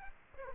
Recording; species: mosquito wingbeat signal from an infrared sensor; Aedes aegypti